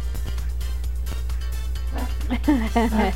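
A dog that has a cough lets out a few short, high-pitched barks in quick succession near the end, over a steady low hum.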